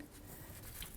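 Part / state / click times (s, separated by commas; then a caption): ABS sensor electrical connector into vehicle wiring harness plug / not seated / none. A new ABS wheel speed sensor's plastic electrical connector is handled near the vehicle wiring harness plug on a 1997-2004 Dodge Dakota. Only quiet rustling with a few faint ticks is heard, the brightest near 0.8 s. Nothing has seated or clicked yet.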